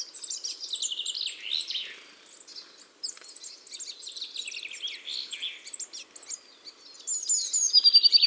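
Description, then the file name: Eurasian blue tit song, fainter and jumbled, with overlapping high twittering notes and a clear rapid trill at the end. "Cyanistes caeruleus"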